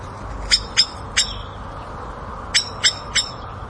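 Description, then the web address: Bird chirps: six sharp, bright calls in two loose groups of three, each a quick harmonic-rich note, over a steady low background hum. Suburban setting; agitated birds. "suburban ambience with agitated birds flapping and chirping"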